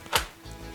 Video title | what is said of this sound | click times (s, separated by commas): Epic Gaming & Workstation PC of 2021 Part 2 MTT | oh solid click | 0.2 s